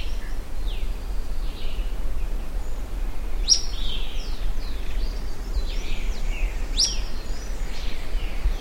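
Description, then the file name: Bird calls: two sharp, high notes a few seconds apart among scattered soft chirps and warbles, over constant low background noise. "SABIOD 50 bird 2015"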